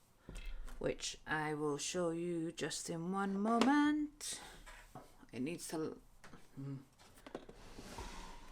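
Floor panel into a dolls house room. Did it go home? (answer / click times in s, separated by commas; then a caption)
yes / 7.3 s, 7.4 s. A printed floor panel with a corner notch is pushed into a dolls house room while someone talks, until it pops into place with two sharp clicks at 7.3 and 7.4 seconds. The panel is seated.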